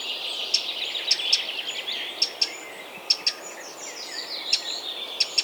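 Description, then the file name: Eurasian wren: abrupt ticks, some in close pairs, amid dense twittering that is strongest near the start. "Troglodytes troglodytes"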